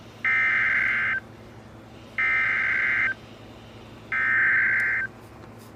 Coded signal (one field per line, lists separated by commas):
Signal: Emergency Alert System (SAME) tones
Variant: header bursts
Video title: Wakey Wakey: Double Header River Flood Warnings and one on WXJ84 and WVAF (2/26/22) EAS 627-629